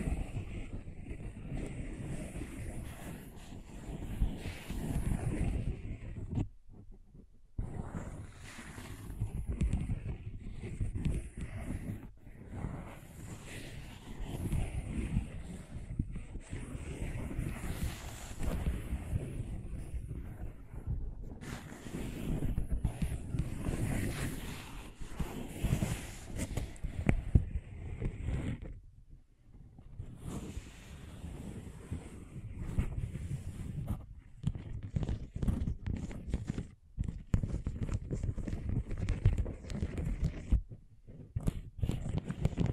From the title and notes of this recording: ASMR Brain Tingling Scratching & Tracing (No Talking).